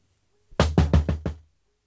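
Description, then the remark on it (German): Five firm knocks on a door in quick, steady succession, each a solid thud, with the last ones tapering slightly softer before silence. “Alles Rufen und Klopfen war umsonst.”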